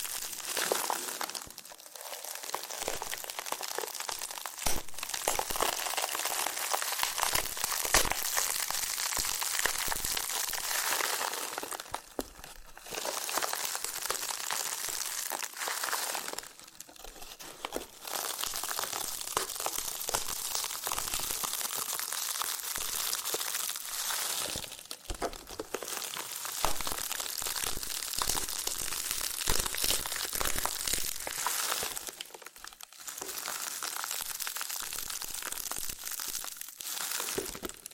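Loofah scratching and peeling fills the recording with a dense, bright, crackling rasp that runs in long stretches. Brief pauses break it near 2, 5, 12, 17, 25 and 32 seconds. Small pops and snaps are scattered through the crinkly texture.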